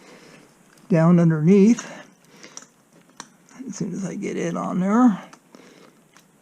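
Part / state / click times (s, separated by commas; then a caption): electrical connector onto throttle body sensor socket / not seated / none. An electrical connector is handled underneath the throttle bodies of a Kawasaki H2 SC motorcycle engine while being brought toward its mating sensor socket. Someone talks, and faint short ticks and handling sounds occur between the speech. Nothing has seated or clicked yet.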